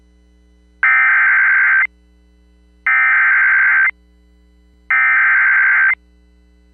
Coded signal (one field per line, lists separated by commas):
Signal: Emergency Alert System (SAME) tones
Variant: header bursts